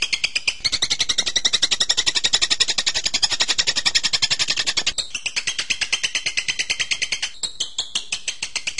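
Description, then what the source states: Bird's fast, rhythmic chattering song, high and evenly pulsed, with several abrupt changes of phrase in the second half. Birdsong for training (masteran).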